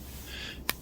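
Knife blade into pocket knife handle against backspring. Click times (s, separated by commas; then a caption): 0.7 s. A stainless steel blade of a 2003 Rough Rider Mini Trapper RR098, a slip-joint trapper pocket knife with a brown bone handle, is worked into its handle against the backspring. Over a faint steady background hiss, a single sharp, bright snap rings out at 0.7 s as the blade snaps into position under the backspring and seats.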